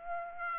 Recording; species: mosquito wingbeat signal from an infrared sensor; Aedes aegypti